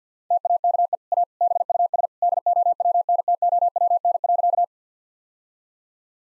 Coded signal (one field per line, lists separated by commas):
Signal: Morse code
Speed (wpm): 50 wpm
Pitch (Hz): 700 Hz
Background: none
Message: TAKE A BUS DOWNTOWN.